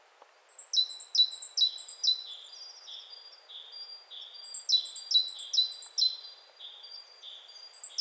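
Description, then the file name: Great tit calls: sharp, high, downward-sliding notes in a fast regular series, with a lower, softer series of similar notes woven between them. "Parus major"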